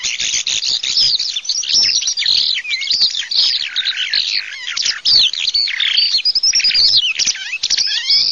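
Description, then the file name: Eurasian skylark song: a continuous, fast, high warbling stream of chirps, trills and rolling notes with no pauses. "ALLODOLA"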